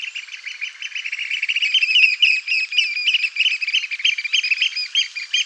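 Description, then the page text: Eurasian oystercatcher piping: a continuous, rapid stream of shrill, high piping notes that build in loudness and keep going without a break. "David Farrow - Кулик-сорока (Haematopus ostralegus)"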